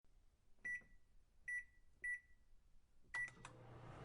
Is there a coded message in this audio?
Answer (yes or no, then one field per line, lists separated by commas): no